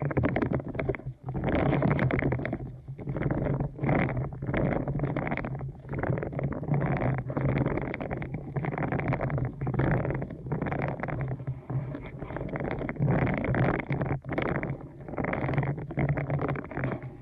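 Deep ear canal massage: a dense, muffled rubbing and scratching that fills the whole stretch with hardly a pause. The strokes pulse in a loose, fairly quick rhythm, about one or two a second, over a steady low rumbling hum.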